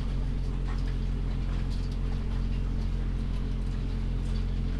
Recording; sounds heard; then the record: poultry house recording; sick chickens (respiratory disease)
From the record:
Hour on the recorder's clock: 0